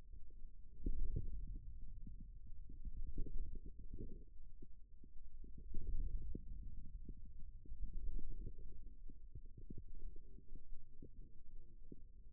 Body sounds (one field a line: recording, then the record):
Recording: forearm muscle sounds (acoustic myography)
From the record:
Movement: wrist extension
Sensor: system 2, bracelet of six BSWA MPA416 microphones around the upper forearm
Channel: 4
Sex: male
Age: 22 years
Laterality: right